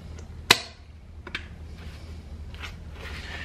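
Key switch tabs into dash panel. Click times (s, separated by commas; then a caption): 0.5 s. An EZGO RXV-style combined key and FNR switch is angled into the plastic dash opening of a Cushman Hauler Pro golf cart and pushed in until its two rear tabs lock. A sharp, loud click at 0.5 s marks the switch seating, followed by a few fainter ticks against a low background hum. The key switch is installed.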